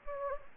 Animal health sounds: mosquito wingbeat signal from an infrared sensor; Anopheles gambiae

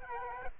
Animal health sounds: mosquito wingbeat signal from an infrared sensor; Aedes albopictus

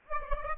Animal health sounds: mosquito wingbeat signal from an infrared sensor; Aedes aegypti

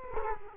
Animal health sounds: mosquito wingbeat signal from an infrared sensor; Culex quinquefasciatus

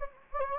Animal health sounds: mosquito wingbeat signal from an infrared sensor; Anopheles gambiae

